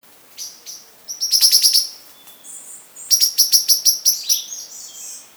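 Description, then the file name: Eurasian blackbird giving sharp, metallic chinking calls in two quick bursts, with a few thin, softer notes between them. "Turdus merula"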